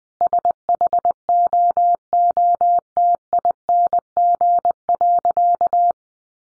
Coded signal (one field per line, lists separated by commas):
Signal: Morse code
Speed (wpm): 20 wpm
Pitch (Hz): 700 Hz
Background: none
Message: SHOOTING.